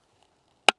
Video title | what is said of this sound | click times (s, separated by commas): Hands-On NEW 2023/24 Eskimo Ice Fishing Gear: E40 Auger | heard it click in what that allows is it's not going to be moving anywhere | 0.7 s